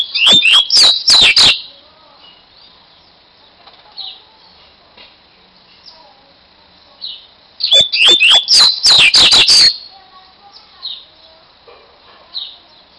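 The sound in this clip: Double-collared seedeater song: two loud bursts of rapid, harsh, sweeping notes, each lasting under two seconds, separated by quieter scattered chirps and soft twittering.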